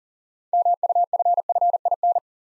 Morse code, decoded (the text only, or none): MUFFIN